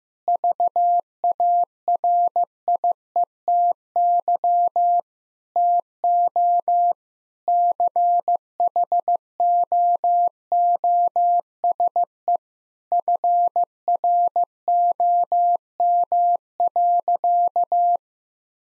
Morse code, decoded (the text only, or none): VARIETY TO CHOOSE FROM.